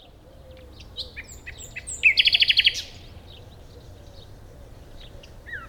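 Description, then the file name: Common nightingale song: soft whistles leading into a loud fast run of repeated notes, then quieter scattered notes and a falling whistle. "Luscinia megarhynchos"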